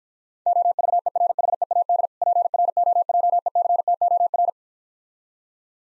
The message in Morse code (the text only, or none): OVERHEAD PROJECTOR